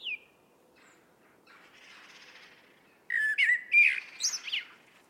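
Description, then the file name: Eurasian blackbird giving one mellow fluted phrase that climbs into shrill squeaky twitters, preceded by a brief high note and a quiet, faintly hissy stretch. "Turdus merula"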